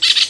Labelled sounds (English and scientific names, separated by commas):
Brown-throated Parakeet (Eupsittula pertinax) contact call